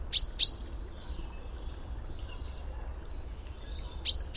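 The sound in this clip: Common chaffinch calls: sharp, very high, clipped notes given in quick pairs, one pair at the start and another near the end, over low steady background rumble.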